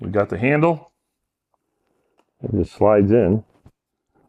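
A plastic handle is slid into the body of a roborock F25 ACE Pro foam wet-dry battery-powered vacuum cleaner while someone talks. Only a few faint ticks sound between the speech. Nothing has seated or clicked yet; the clip ends just before the handle goes home.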